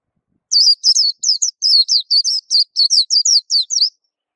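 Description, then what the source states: White-eye song: a rapid run of many high, sweet twittering notes, each a quick falling slur, lasting roughly three and a half seconds. Song described as melodious and long.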